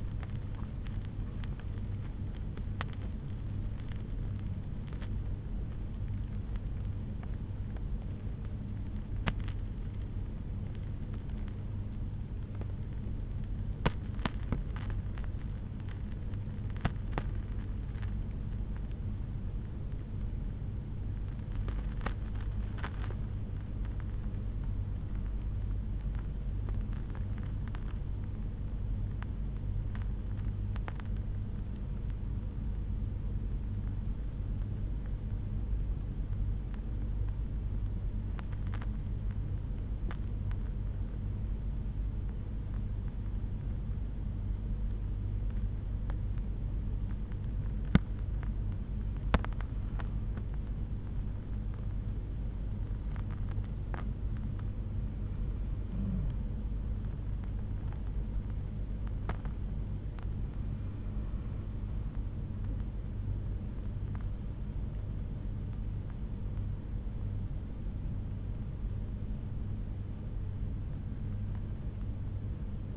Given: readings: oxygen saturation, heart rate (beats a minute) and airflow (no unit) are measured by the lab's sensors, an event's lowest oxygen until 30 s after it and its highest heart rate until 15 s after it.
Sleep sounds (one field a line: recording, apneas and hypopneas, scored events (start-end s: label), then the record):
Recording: breathing in sleep by a smartphone at the bedside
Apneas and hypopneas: 2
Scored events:
0.00-34.00 s: awake
5.00-20.60 s: hypopnea (scored as awake, oxygen 98% highest, then 92% lowest)
24.00-54.00 s: new sleep stage, N1 (lightest sleep)
34.00-62.90 s: hypopnea (N1, oxygen 95% highest, then 92% lowest)
54.00-72.97 s: new sleep stage, N2 (light sleep)
From the record:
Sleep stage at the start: awake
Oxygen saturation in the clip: 92 to 98%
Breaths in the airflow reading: 10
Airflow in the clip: -7.1 to 6.4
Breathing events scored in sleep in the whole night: 368 in 8.0 hours asleep